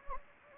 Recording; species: mosquito wingbeat signal from an infrared sensor; Anopheles gambiae